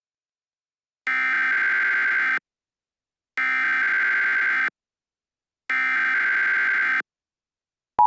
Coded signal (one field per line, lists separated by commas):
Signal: Emergency Alert System (SAME) tones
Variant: header bursts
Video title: EAS Scenario #1: Containment Breach